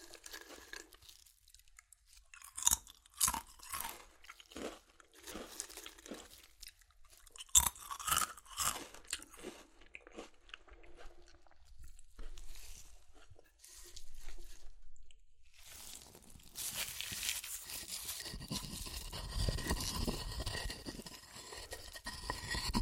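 Crunchy chips being crushed and eaten, with sharp, bright crackles bursting in irregular clusters through the first half. Around sixteen seconds the sound turns into a denser, continuous crinkling and grinding that holds steady and grows slightly louder to the end.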